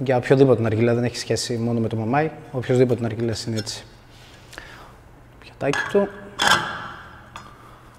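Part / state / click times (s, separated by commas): ash plate onto hookah stem / seated / 7.4 s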